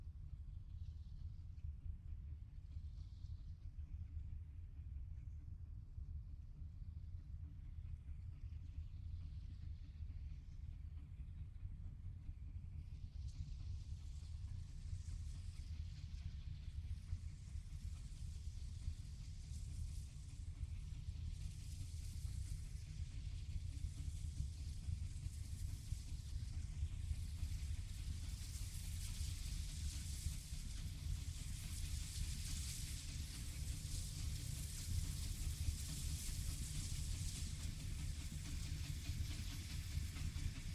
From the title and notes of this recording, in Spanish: La Trochita - Pasada En El Valle Del Rio Pipo - Lapataia. Recorrido sonoro por Uahuaia y Lapataia - Tierra del Fuego - Argentina.